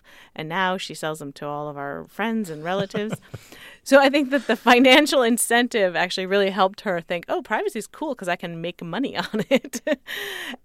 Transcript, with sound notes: and now she sells them to all of our friends and relatives.
(LAUGHTER)
So I think that the financial incentive, actually, really helped her think, oh, privacy is cool because I can make money on it.